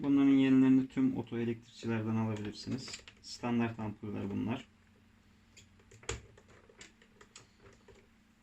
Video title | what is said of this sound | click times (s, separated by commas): Gösterge tamiri, kilometre saati tamiri, arabalarda gösterge tamiri ve ampül değişimi | Oyu da yerine oturmuyor. Bir aksilik var. | none